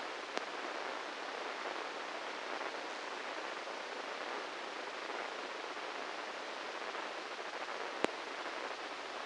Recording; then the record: brain microelectrode recording played as sound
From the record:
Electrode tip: inside the subthalamic nucleus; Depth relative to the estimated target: -4 mm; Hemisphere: right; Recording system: NeuroSet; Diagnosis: Parkinson's disease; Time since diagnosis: 8 years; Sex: male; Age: 58 years